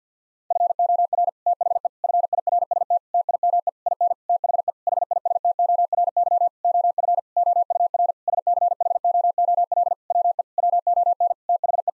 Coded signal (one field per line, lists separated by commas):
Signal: Morse code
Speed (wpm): 50 wpm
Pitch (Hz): 700 Hz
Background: none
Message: FOR THE FIRST TIME IN THE HISTORY OF OUR SCHOOL WE WON THE